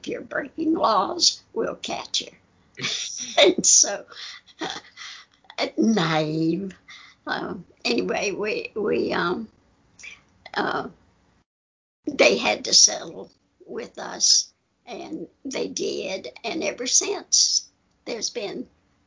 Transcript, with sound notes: If you’re breaking laws, we’ll catch you.” (laughing) Naïve. Anyway, they had to settle with us, and they did, and ever since, there’s been